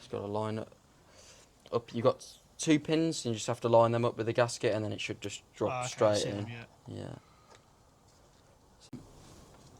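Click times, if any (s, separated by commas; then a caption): 8.9 s. A KTM 390 Enduro's oil filter cover is lined up by its two pins with the gasket and dropped into the motorcycle engine casing while someone talks. After the talking stops, a faint click at 8.9 s shows the cover has seated in place.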